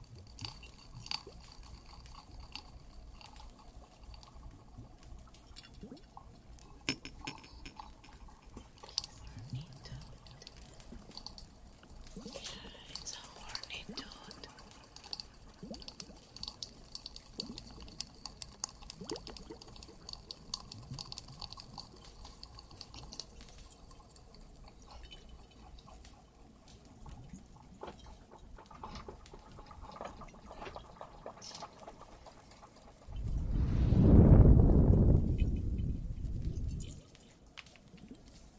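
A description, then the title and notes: Water trickles and drips quietly in a cave, with small crackling ticks scattered steadily over a soft, hollow hiss. Around the thirty-three second mark a loud, deep rushing surge swells up for a few seconds, then drops away back to the quiet trickle. Some more Cave ASMR, Water and Fireplace added.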